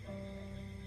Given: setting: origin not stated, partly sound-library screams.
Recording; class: one-second piece from a danger detection set; normal situation